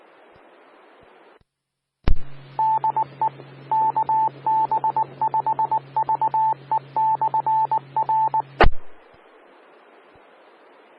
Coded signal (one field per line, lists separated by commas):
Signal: Morse code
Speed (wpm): 19 wpm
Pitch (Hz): 880 Hz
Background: none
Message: DE KB5VE/R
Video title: 2019-12-16 - K5IJX 146.6700 MHz Repeater